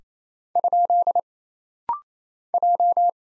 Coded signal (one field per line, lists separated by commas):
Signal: Morse code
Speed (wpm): 27 wpm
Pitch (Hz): 700 Hz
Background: none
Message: ? J